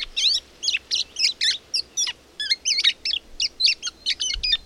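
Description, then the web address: Bird song: rapid, high warbling notes in short clusters with brief gaps, a lively twittering phrase that runs through the whole stretch. "madarak enek"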